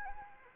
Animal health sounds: mosquito wingbeat signal from an infrared sensor; Anopheles arabiensis

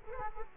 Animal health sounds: mosquito wingbeat signal from an infrared sensor; Culex quinquefasciatus

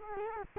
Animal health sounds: mosquito wingbeat signal from an infrared sensor; Culex quinquefasciatus

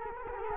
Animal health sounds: mosquito wingbeat signal from an infrared sensor; Culex quinquefasciatus

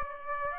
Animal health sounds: mosquito wingbeat signal from an infrared sensor; Aedes aegypti

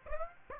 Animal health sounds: mosquito wingbeat signal from an infrared sensor; Aedes aegypti

